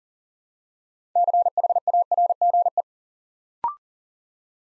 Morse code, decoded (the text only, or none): CHARGE